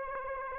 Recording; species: mosquito wingbeat signal from an infrared sensor; Aedes aegypti